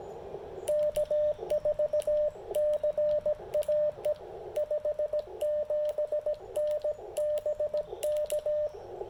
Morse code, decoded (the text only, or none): K4CAE 57N BK